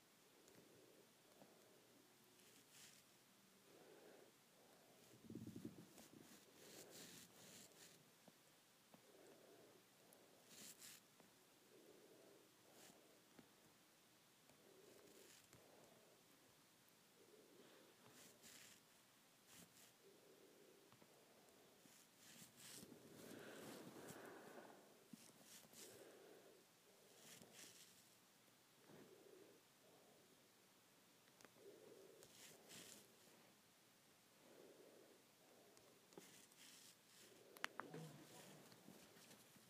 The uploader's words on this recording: ASMR Hair Play.